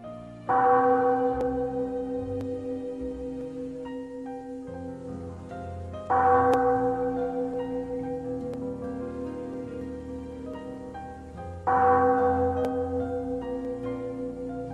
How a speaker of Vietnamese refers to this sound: Lời nói còn chưa dứt, ngoài cửa điện bỗng nhiên vang lên một tiếng chuông thật lớn. Hai thầy trò đều sửng sốt vô cùng. Tiếng chuông quá đặc biệt, bởi tiếng chuông này chỉ khi Nam Hoa có đại sự mới có thể vang lên.